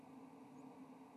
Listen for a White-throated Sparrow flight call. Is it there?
no